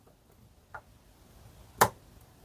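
A screw is turned backwards in the threaded hole of a switch mount until the start of its thread crosses over the groove. A faint tick comes at 0.8 s, then a sharp, louder click at 1.8 s as the thread drops into the groove. The screw is seated and ready to thread in.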